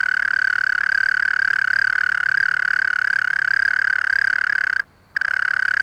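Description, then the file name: European mole cricket song: a steady churring purr on one even pitch, stopping briefly for a fraction of a second before resuming. "Gryllotalpa gryllotalpa"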